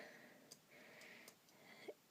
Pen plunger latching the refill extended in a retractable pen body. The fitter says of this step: and then once it does, it just clicks into place.